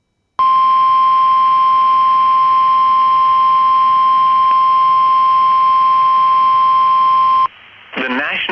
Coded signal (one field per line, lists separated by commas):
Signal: Emergency Alert System (SAME) tones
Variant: 1050 Hz attention tone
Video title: SVR for parts of Texas (EAS #29)